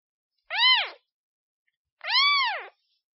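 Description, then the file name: Cat: kitten meowing twice, the second mew longer and drawn out, both rising then dropping in pitch. Kitten calling for its mother. "Tieng meo con keu tim me"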